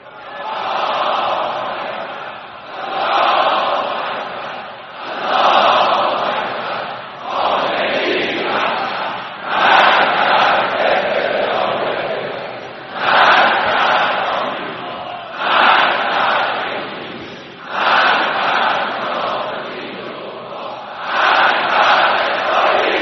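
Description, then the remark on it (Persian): A large crowd of Iranian people shouts revenge chants in unison, loud repeated phrases landing about every two seconds with short gaps between them, keeping a steady rhythm throughout. “این فریاد انتقامی که از مردم شنیده شد در سراسر کشور، در واقع این فریاد انتقام سوخت حقیقی موشک‌هایی بود که پایگاه آمریکایی رو زیر رو کرد.”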